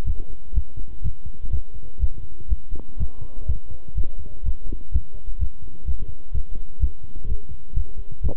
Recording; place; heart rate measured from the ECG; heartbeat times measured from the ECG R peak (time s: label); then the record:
heart sounds by stethoscope; between the tricuspid and mitral areas; 125 bpm
0.06 s: heartbeat
0.55 s: heartbeat
1.04 s: heartbeat
1.52 s: heartbeat
2.01 s: heartbeat
2.50 s: heartbeat
2.99 s: heartbeat
3.48 s: heartbeat
3.96 s: heartbeat
4.45 s: heartbeat
4.93 s: heartbeat
5.40 s: heartbeat
5.87 s: heartbeat
6.33 s: heartbeat
6.81 s: heartbeat
7.28 s: heartbeat
7.75 s: heartbeat
8.23 s: heartbeat
From the record:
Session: walking at 3.7 km/h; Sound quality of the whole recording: good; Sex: male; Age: 25 years